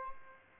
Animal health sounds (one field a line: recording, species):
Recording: mosquito wingbeat signal from an infrared sensor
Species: Aedes albopictus